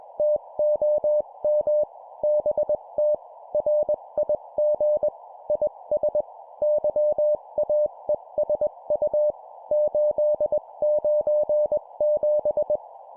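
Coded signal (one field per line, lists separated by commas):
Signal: Morse code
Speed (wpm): 21 wpm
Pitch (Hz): 600 Hz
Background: none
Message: TOM BT RIG IS YAESU 897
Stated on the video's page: Sample 20 wpm CW CQ contact, a scripted demonstration of a typical exchange.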